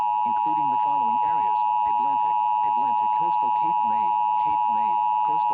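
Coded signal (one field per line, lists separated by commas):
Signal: Emergency Alert System (SAME) tones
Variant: 853 and 960 Hz attention tone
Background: speech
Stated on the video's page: Fictional mock alert.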